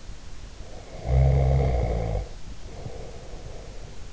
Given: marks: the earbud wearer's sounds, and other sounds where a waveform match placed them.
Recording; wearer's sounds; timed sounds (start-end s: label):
sounds in sleep by an in-ear microphone; snoring breath
0.61-4.13 s: snoring breath